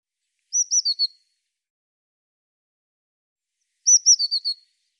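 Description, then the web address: Eurasian blue tit calling twice, each a fast run of four or five high, thin, slightly falling notes, the bursts about three seconds apart, with silence between. Recorded in 2025; the audio was cleaned and normalized. "cianscape birddata Deverinetal 2025 File cleaned normalized Bird Cy Ca"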